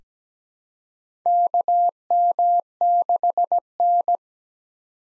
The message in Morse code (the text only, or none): KM6N